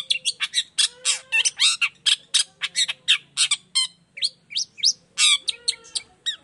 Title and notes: Cendet Gacor Dor Di Kala Pagi Toet Toet Variasi Suara. Cendet Gacor Efektif Pancingan Buat Cendet Jenis Apapun Agar Cepat Nyaut Buka Paruh. Burung cendet